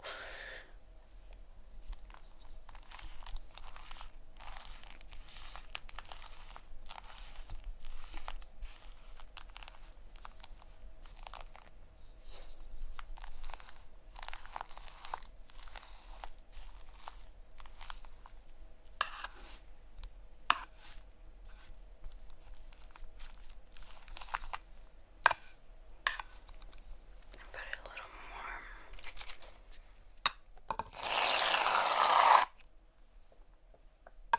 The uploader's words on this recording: ASMR Playing With Shaving Cream (Plastic Wrap, Brushing, Massage, Crinkles).